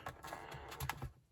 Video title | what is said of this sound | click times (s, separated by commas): Hasbro Power Rangers Lightning Collection Mighty Morphin Eye Guy Action Figure Review | yeah that pops in there okay so that is that | 0.9 s